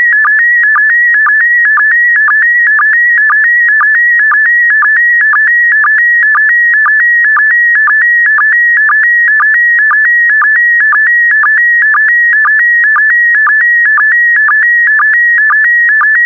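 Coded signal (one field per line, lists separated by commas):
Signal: SSTV (slow-scan television)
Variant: PD120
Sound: steady warbling tone around 1.9 kHz with regular low chirps twice a second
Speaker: complete. You can now check your decoded image against the picture that is shown on the video.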